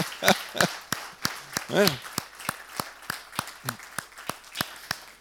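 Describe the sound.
An audience at a Sunday morning church service claps together in a steady, even rhythm, sharp beats landing roughly three times a second, with a few voices calling out over the first couple of seconds.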